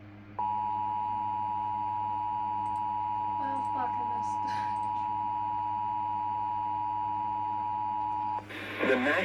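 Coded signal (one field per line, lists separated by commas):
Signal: Emergency Alert System (SAME) tones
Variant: 853 and 960 Hz attention tone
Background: speech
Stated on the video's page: Severe thunderstorm warning received on NOAA Weather Radio station KEC76.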